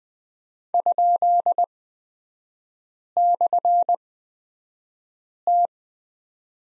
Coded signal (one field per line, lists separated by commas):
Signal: Morse code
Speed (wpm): 20 wpm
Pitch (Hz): 700 Hz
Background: none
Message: ?/T